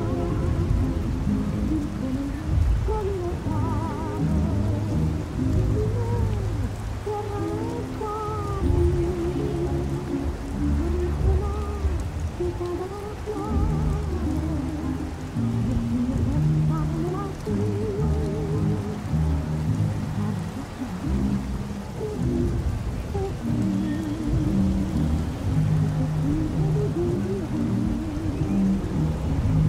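Oldies play muffled from another room, melodies and steady beat running continuously under a constant hiss of traffic noise through an open window.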